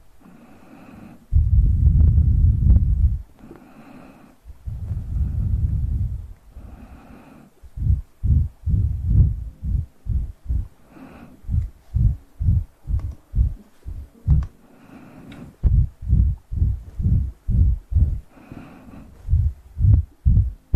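Mouth sounds made close up: two long, low breathy hums open, then a steady run of quick, deep thumping pops with brief pauses.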